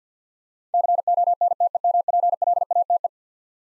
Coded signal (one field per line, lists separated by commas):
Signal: Morse code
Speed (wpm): 50 wpm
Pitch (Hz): 700 Hz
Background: none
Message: CONTEMPLATE